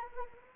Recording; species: mosquito wingbeat signal from an infrared sensor; Anopheles arabiensis